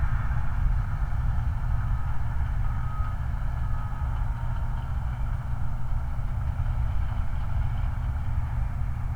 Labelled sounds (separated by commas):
vehicle